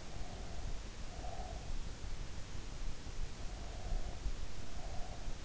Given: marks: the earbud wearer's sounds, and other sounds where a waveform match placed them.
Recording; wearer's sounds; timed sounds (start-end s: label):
sounds in sleep by an in-ear microphone; breath
0.00-1.67 s: breath
3.48-5.23 s: breath